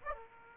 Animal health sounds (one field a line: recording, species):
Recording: mosquito wingbeat signal from an infrared sensor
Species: Aedes aegypti